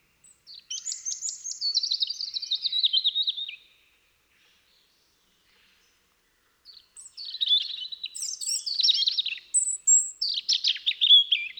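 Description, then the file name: European robin song: a long descending cascade of fine, jangling notes, a silent gap, then more high whistles and twittering phrases. "Erithacus rubecula"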